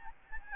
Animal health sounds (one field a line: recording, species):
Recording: mosquito wingbeat signal from an infrared sensor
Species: Aedes albopictus